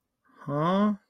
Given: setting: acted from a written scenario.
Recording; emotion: vocal sound without words; confusion